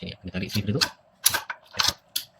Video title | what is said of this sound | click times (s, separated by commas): Jom Upgrade Waterjet KARCHER HD5/11P | dah lock eh. | 2.2 s